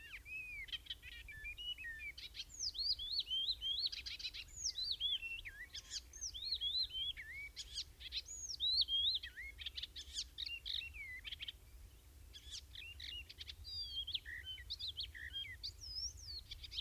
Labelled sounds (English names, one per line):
Icterine Warbler song